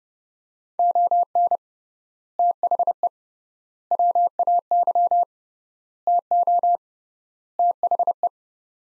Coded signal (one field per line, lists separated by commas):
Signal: Morse code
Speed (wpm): 31 wpm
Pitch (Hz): 700 Hz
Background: none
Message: ON THE WAY TO THE